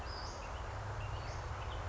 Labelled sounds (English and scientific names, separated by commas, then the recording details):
Western Flycatcher (Empidonax difficilis)
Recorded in Sonoma County, California